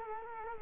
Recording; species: mosquito wingbeat signal from an infrared sensor; Culex quinquefasciatus